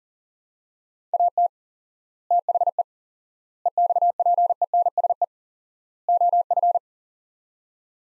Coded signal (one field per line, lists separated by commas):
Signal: Morse code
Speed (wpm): 40 wpm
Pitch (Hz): 700 Hz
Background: none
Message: AT THE EXPENSE OF